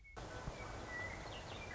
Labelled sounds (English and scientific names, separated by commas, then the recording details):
Western Meadowlark (Sturnella neglecta)
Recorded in Sonoma County, California